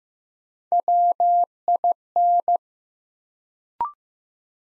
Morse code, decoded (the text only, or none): WIN